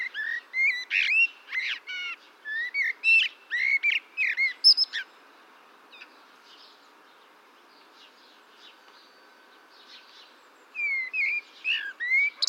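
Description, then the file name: Eurasian blackbird song, a run of rich fluted notes rising and falling with twittering high flourishes, silence for a few seconds, then another phrase begins. "Turdus merula"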